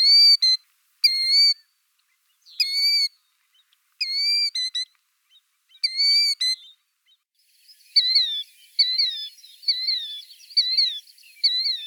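Killdeer calls: loud, clear whistled notes that rise then fall, given at irregular intervals, then a quicker run of shorter shrill notes. A faint steady high tone is also audible.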